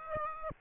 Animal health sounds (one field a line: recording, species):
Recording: mosquito wingbeat signal from an infrared sensor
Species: Aedes aegypti